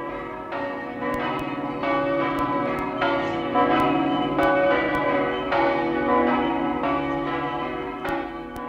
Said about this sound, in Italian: perché quando si è lontani di casa, ogni campana della nostra terra è la campana del nostro paese.